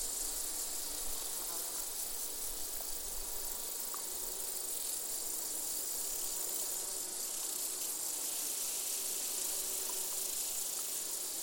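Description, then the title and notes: Insect chorus (bees, grasshoppers and crickets): a steady high shimmering drone with faint buzzing hums and a few soft clicks. Bees, grasshoppers and crickets in a gentle summer chorus, recorded in an open meadow near the Col de Châtillon at 1680 metres altitude. "featuring bees, grasshoppers and crickets, was recorded in an open meadow near the Col de Châtillon"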